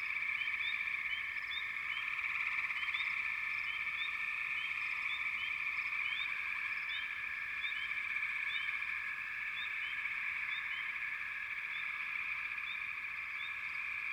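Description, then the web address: Frog chorus of steady high trilling and many quick rising chirps, about four each second, unbroken from start to end. "Nature Sounds Sounds of Nature Collection 28 Frog Chourus"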